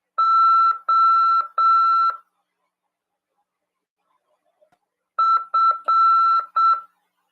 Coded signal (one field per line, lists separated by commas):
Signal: Morse code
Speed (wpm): 7 wpm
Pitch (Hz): 1340 Hz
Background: none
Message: OF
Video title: RADIOAMADOR 1ªEd. 10/3/2023 "AULA 25 CW, LEGIS e C.RODADA" PY2EXU PAULO SP/SP CRASP FM 146.410 Mhz.